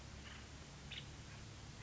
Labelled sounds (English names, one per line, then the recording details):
Nuttall's Woodpecker
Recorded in Sonoma County, California